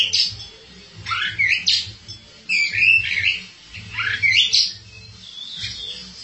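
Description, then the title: Oriental magpie-robin song: rising whistled slurs and harsh chatter in several bursts, with a low rhythmic hum underneath. "Suara Kicauan Burung Kacer"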